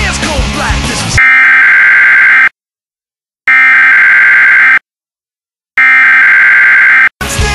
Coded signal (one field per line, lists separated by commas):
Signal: Emergency Alert System (SAME) tones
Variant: header bursts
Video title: EAS-Hurricane Warning